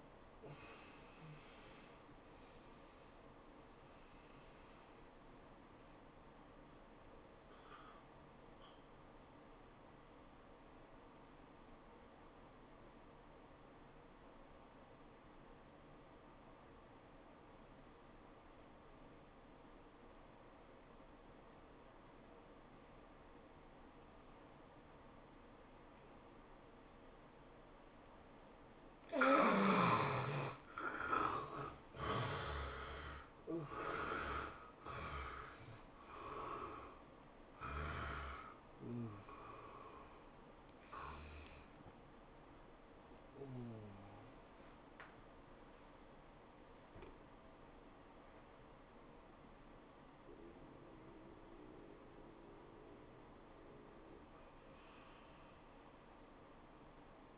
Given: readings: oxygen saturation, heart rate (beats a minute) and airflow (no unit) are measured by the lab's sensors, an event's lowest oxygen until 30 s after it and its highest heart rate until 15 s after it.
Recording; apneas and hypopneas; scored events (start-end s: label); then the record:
breathing in sleep by a voice recorder at the bedside; 1
8.00-29.40 s: obstructive apnea (N1, oxygen 96% highest, then 75% lowest, heart rate 89 at the start, 100 highest)
From the record:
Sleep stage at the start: N1 (lightest sleep); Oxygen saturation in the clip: 74 to 97%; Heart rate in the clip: 80 to 103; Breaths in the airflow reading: 7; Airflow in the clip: -15.1 to 13.7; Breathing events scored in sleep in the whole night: 403 in 5.5 hours asleep